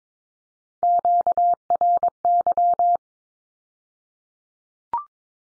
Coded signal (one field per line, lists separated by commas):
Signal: Morse code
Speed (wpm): 22 wpm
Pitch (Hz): 700 Hz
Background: none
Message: QRY